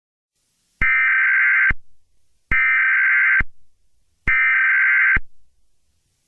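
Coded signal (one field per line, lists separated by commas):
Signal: Emergency Alert System (SAME) tones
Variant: header bursts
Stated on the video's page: Fictional EAS scenario, requested story, edited simulated alert.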